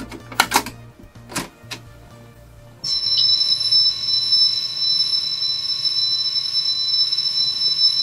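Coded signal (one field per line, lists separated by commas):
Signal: computer data on cassette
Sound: cassette recorder button clunks, then a steady, harsh high-pitched data screech for five seconds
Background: cassette mechanism clicks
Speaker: legt man so eine Datenkassette in einen normalen Kassettenrekorder ein hört sich das ganze so an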